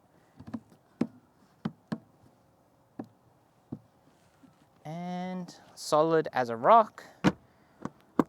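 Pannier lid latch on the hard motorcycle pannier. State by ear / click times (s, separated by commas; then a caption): seated / 8.2 s. A painted lid on a hard motorcycle pannier for a Harley Street Glide ST is shut, and its latch catches with a sharp click at 8.2 s, leaving it closed and ready to lock. Before that come several short knocks and clicks in quiet, and someone talks in the middle of the clip.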